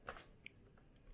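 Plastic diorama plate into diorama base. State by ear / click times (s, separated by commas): not seated / none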